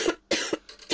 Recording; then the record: coughing mixed with background sound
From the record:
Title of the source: 55 gaggy wet cough